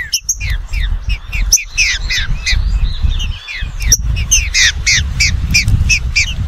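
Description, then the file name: Green-winged saltator singing rapid clipped whistles and slurred notes, with a constant low rumbling noise underneath. "canto do trinca ferro"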